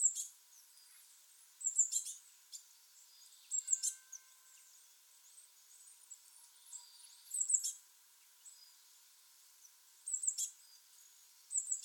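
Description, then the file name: Eurasian blue tit giving sharp, high-pitched call bursts at irregular intervals, with faint steady tones lower down. "Cyanistes caeruleus"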